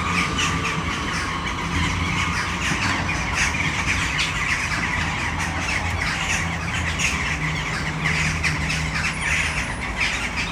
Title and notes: Malinovského nám. 571/1, 602 00 Brno-střed-Brno-město, Česko - Western jackdaws at sunset. A tree full of jackdaws in the city center of Brno